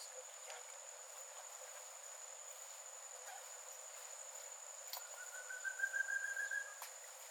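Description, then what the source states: Thicket antpitta song: a rapid series of hollow whistled notes, rising slightly in pitch, starting about five seconds in, over a steady high insect drone. Recorded on 22 July 2017; eight songs captured.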